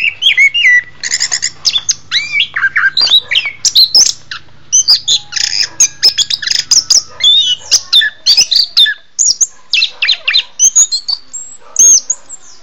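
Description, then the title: Orange-headed thrush delivering fast, richly varied whistles, slurred rising and falling notes and scratchy twitters in short bursts, a faint low hum underneath early on. "anis kembang"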